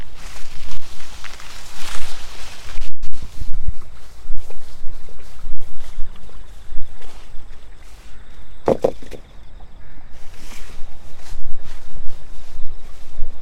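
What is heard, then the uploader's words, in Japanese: Rustling and crunching through tall stalks as someone harvests sorghum, with sharp snaps around nine seconds and faint autumn insects behind. 午前中 秋虫の声とモチモロコシ収穫。ガサゴソわけ入り、モチモロコシ収穫(前半ちょっとマイクの線の調子が悪目ですが)。2mほどの背丈のもろこし畑に入り、実り具合を確かめ、もぎ取っていきます。秋虫の鳴き声が心地よい。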